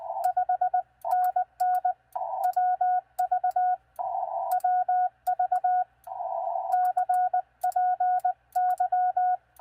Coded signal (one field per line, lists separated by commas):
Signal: Morse code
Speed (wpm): 19 wpm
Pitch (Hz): 730 Hz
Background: radio noise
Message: 5NN WV WV CPY